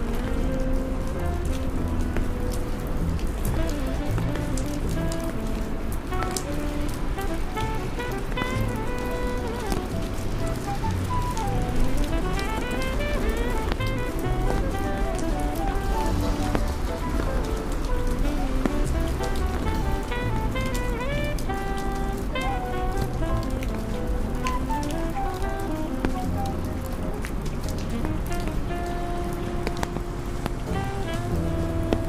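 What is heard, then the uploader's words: Rain falls steadily on a rainy New York day, a dense, even patter that holds for the whole half minute without letting up. A low rumble sits underneath, likely traffic, and faint pitched tones drift in and out throughout. Raining Day In New York.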